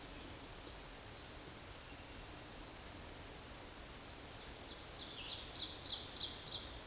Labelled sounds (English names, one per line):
Ovenbird song